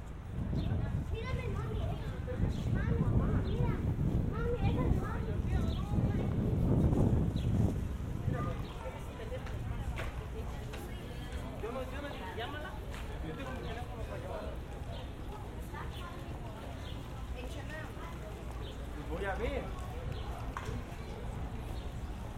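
A walk home through suburban streets, with voices of people talking scattered throughout and a steady low rumble of traffic underneath. The first eight seconds are louder, a heavier vehicle passing, then the scene settles into quieter chatter and occasional footsteps.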